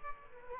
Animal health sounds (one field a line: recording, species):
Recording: mosquito wingbeat signal from an infrared sensor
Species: Culex quinquefasciatus